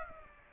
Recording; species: mosquito wingbeat signal from an infrared sensor; Aedes aegypti